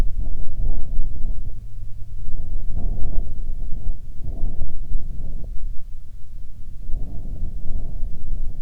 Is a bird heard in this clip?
no